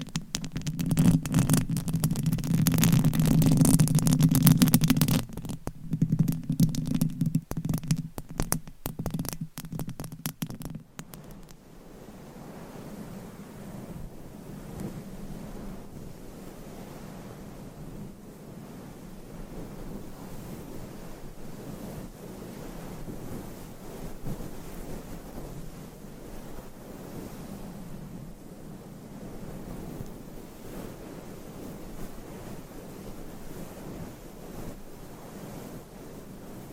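Microphone scratching, loud and rough for the first five seconds, then choppy rubbing until about eleven seconds, settling into a soft, steady muffled rustle.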